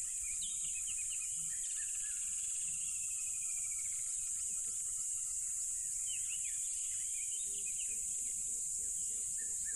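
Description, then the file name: Steady high cricket trilling throughout with occasional bird chirps and a series of low pulsed calls near the end. Loud crickets beside a tropical river. "smartsound ATMO NATURE Tropical River Loud Crickets"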